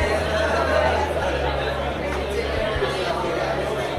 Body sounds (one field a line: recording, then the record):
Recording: background sound without coughing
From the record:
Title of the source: CITY SOUNDS Busy Bar in the Evening Night - 2 HOURS of Ambiance for Relaxation